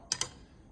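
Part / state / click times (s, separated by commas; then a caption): safety interlock switch in a coffee grinder body / not seated / none. Someone presses down on the safety interlock spring and plate inside the body of a disassembled Oxo conical burr coffee grinder. Two short, sharp ticks sound at about 0.1 s and 0.2 s, followed by quiet. The safety switch has not clicked, because a part fell down underneath it.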